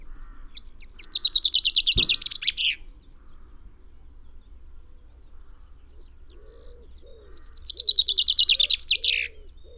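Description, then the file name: Common chaffinch singing two cascading trilled phrases that drop in pitch and close with a sharp flourish; a low cooing bird calls in the background, with one brief knock. "Fringilla coelebs"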